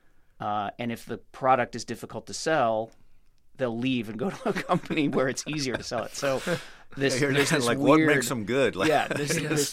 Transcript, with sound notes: And if the product is difficult to sell, they'll leave and go to a company where it's easier to sell it.
(LAUGHTER)
So there's this weird...
What makes them good?